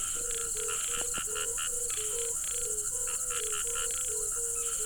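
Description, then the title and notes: Crickets give a steady high shrill trill, with a repeated series of short, low, tonal frog notes throughout. Crickets calling with frogs at a pool on the Hajnice stream, Ústí, Czechia. "Ústí, Czechia - žáby a cvrčci Hajnice. žáby a cvrčci u hodní tůně na potoce Hajnice"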